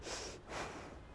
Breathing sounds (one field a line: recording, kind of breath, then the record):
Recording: one breath in and out by a microphone near the nose and mouth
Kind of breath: strong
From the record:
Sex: female